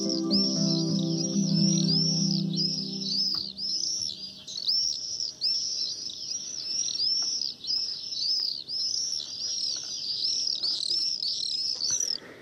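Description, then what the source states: Common Swifts giving shrill screaming calls in a nearly unbroken stream of rapid arcing notes, with a low droning hum during the first few seconds. Five swifts over the Markiezaatsmeer lake at Bergen op Zoom on King's Day, 27 April; the listener's first swifts of the year.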